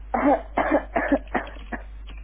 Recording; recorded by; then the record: voluntary cough; telephone call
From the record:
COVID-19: positive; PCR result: checked with the laboratory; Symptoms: yes